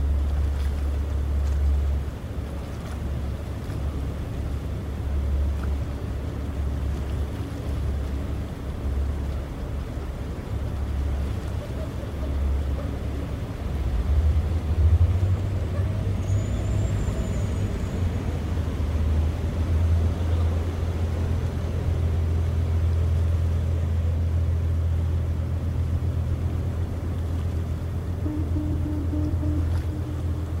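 A low, steady engine drone from Sydney Harbour hums through the whole recording, deepening and swelling slightly around the middle and holding firmer after twenty seconds. Faint traffic-like wash sits underneath, and a thin high squeal rises and falls briefly near seventeen seconds.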